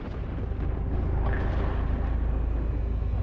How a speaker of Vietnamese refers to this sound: Chưa nói hết câu thì bất chợt Hùng khựng lại bởi có tiếng sét rất lớn xẹt ngang. Điều kỳ lạ là ngay đầu dây bên kia Hùng cũng nghe thấy có tiếng sét y như vậy.